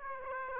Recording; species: mosquito wingbeat signal from an infrared sensor; Aedes aegypti